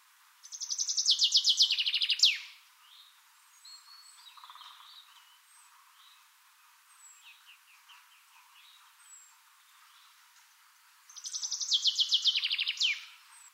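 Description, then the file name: Common chaffinch song: two bright descending trilled phrases about ten seconds apart, the first ending in a flourish, with faint high chirps in between. "Fringilla coelebs"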